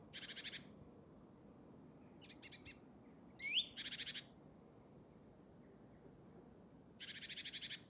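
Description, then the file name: Great tit calls: short buzzy rattling bursts spaced a second or more apart, one preceded by a sharp rising whistled note, with quiet gaps between. "Parus major"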